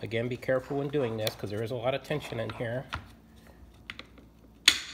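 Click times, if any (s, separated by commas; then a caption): 4.7 s. Someone talks while the second rubber band is stretched on a wooden Lapua 338 rubber band sniper rifle and its rotor is turned back 180 degrees against heavy tension. After a short quiet stretch with faint ticks around 3.9 s and 4.0 s, the rotor snaps into its detent with a sharp, loud click at 4.7 s, seating in place.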